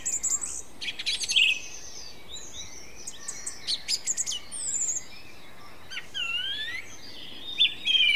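Song thrush singing sparse, varied notes and clicks, with a few rising whistles repeated near the end, somewhat faint.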